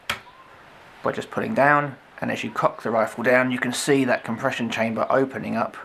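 The underlever of an Air Arms TX200 HC Mk3 .177 spring air rifle is pulled down to release it from its catch on the stock, giving a single short click at 0.1 s as it lets go. After a short quiet stretch, someone talks while the rifle is cocked and the compression chamber opens.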